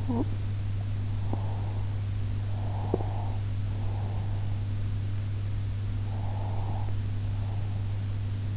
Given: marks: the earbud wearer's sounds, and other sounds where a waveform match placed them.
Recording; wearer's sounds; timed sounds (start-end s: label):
sounds in sleep by an in-ear microphone; talking in sleep, breath
0.01-0.47 s: talking in sleep
1.21-2.01 s: breath
2.42-4.57 s: breath
6.00-8.05 s: breath